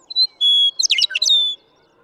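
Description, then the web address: Western meadowlark song: a clear whistled note, a sustained pure whistle, then a quick burbling cascade ending in a longer whistle. "birdsongforthecurious songs Western Meadowlark"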